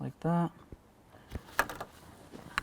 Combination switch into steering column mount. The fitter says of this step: to slide right in. Listen for a click to make sure it's